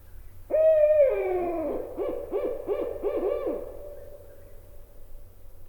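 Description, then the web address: Barred owl giving a long wavering hoot that slides downward, followed by several quick short hoots in a rapid cluster. A North American bird, presented as a common western species. "Songs of Birds of North America Know Your Bird Sounds Common Western Species. Barred Owl"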